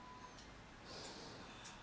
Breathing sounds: one breath in and out by a microphone near the nose and mouth; normal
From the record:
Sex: male

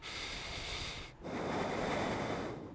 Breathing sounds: one breath in and out by a microphone near the nose and mouth; deep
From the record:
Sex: male

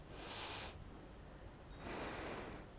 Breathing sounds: one breath in and out by a microphone near the nose and mouth; deep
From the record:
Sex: female

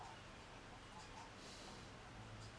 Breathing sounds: one breath in and out by a microphone near the nose and mouth; normal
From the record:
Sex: male

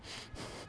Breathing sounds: one breath in and out by a microphone near the nose and mouth; strong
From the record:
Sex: male

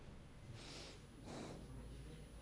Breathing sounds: one breath in and out by a microphone near the nose and mouth; normal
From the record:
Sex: male

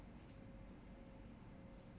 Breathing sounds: one breath in and out by a microphone near the nose and mouth; normal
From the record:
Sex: male

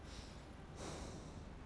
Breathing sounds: one breath in and out by a microphone near the nose and mouth; normal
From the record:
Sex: male

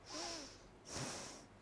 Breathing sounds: one breath in and out by a microphone near the nose and mouth; deep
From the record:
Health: marked as sick, illness not named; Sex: female

